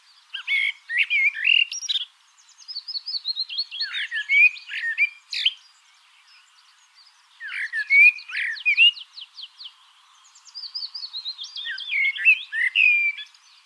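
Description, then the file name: Common blackbird delivering several separate song phrases of mellow warbling and thin rapid twitters, with short silences between them. "Turdus merula"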